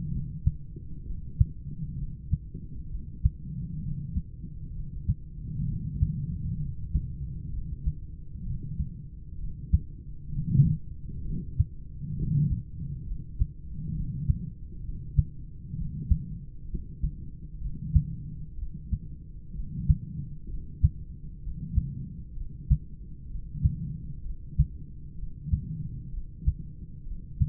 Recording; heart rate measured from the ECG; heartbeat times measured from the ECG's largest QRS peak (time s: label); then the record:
heart sounds by stethoscope; 65 bpm
0.09 s: heartbeat
1.03 s: heartbeat
1.95 s: heartbeat
2.88 s: heartbeat
3.80 s: heartbeat
4.72 s: heartbeat
5.65 s: heartbeat
6.57 s: heartbeat
7.50 s: heartbeat
8.43 s: heartbeat
9.36 s: heartbeat
10.29 s: heartbeat
11.22 s: heartbeat
12.15 s: heartbeat
13.04 s: heartbeat
13.92 s: heartbeat
14.81 s: heartbeat
15.74 s: heartbeat
16.66 s: heartbeat
17.58 s: heartbeat
18.55 s: heartbeat
19.52 s: heartbeat
20.46 s: heartbeat
21.39 s: heartbeat
22.34 s: heartbeat
23.27 s: heartbeat
24.22 s: heartbeat
25.16 s: heartbeat
26.10 s: heartbeat
27.04 s: heartbeat
From the record:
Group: heart failure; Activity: rest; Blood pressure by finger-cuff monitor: 111/74 mmHg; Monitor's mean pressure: 90 mmHg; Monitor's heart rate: 64 bpm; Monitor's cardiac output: 4 L/min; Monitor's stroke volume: 62 mL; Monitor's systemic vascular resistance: 1670 dyn s/cm5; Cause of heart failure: idiopathic cardiomyopathy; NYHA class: 2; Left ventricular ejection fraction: 17%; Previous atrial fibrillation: present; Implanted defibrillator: present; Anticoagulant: edoxaban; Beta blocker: bisoprolol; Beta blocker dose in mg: 7.5 twice daily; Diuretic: furosemide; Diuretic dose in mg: 20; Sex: male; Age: 63 years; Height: 160 cm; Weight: 69 kg